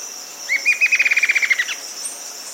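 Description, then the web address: Rufous-winged antwren giving a fast trill of even, clipped notes that quickens slightly and then fades, over a steady high insect hum. South America. "Natures Songs S America Rufous-Winged Antwren"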